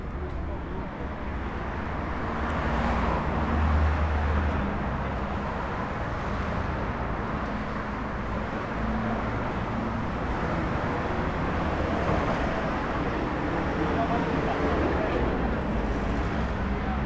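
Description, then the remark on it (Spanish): Busy road traffic produces a steady, continuous roar with a deep engine rumble underneath, holding at an even loudness throughout as vehicles, including heavier buses or trucks, keep passing. “Y aquí mucho tráfico. Mucho, mucho tráfico, sí.”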